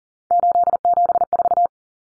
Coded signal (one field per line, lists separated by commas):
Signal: Morse code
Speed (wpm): 40 wpm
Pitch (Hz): 700 Hz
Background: none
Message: 874